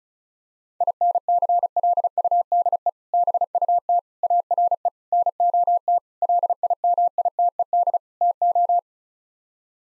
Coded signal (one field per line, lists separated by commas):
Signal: Morse code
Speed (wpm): 34 wpm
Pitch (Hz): 700 Hz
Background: none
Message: INCLUDE BUT ARE NOT LIMITED TO